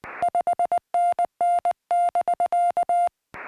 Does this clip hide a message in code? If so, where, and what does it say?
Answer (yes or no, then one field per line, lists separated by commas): yes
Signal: Morse code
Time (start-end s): 0.2-3.1 s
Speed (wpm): 19 wpm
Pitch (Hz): 700 Hz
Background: music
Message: 5NN<BK>